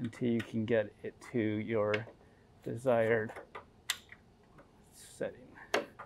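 Someone talks while a front control-arm mount on a C5/C6 Corvette is pried outward with a pry bar toward the desired alignment setting at the car's frame mounting point. Sharp metallic knocks and ticks are heard at about 3.9 and 5.7 seconds, with softer taps between. Nothing has seated or clicked into place yet.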